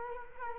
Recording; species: mosquito wingbeat signal from an infrared sensor; Culex quinquefasciatus